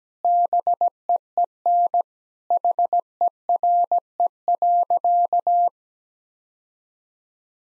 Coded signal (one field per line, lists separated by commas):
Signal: Morse code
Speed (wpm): 17 wpm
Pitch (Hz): 700 Hz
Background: none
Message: BEEN HERE.